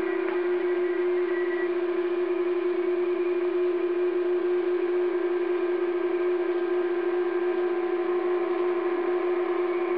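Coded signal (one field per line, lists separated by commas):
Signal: PSK31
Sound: a steady low warbling tone over hiss, with several fainter narrow tones higher up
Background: radio static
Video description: PSK31 is another digital mode that converts typed on computer keyboard letters to specific sounds and send them by the radiostation.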